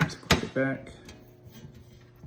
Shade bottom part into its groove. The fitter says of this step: Once you get that in, just click